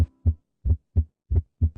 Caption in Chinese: 这个声音是属于正常的心脏声音。 就是两个声音啊，我们通常呢能听到的是 痛特痛特，就是很清晰，感觉很有力量。 收缩舒张这样子。